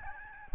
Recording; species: mosquito wingbeat signal from an infrared sensor; Aedes albopictus